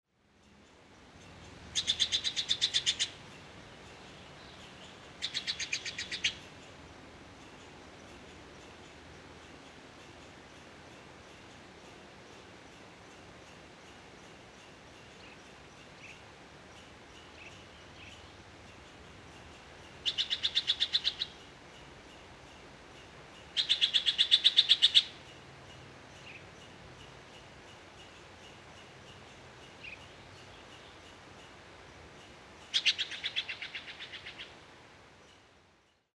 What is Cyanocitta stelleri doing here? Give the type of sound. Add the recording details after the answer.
call. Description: Steller's Jay call recorded at Hollowell Park in Rocky Mountain National Park. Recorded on 6 June 2017